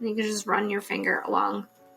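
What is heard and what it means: A finger is about to run along the plastic zipper track of a zip-lock bag to seal it halfway, leaving an opening so baking soda can be added and the bag zipped shut quickly. Someone talks over background music throughout the 2.1-second clip, with no distinct ticks. Nothing has snapped shut or seated yet.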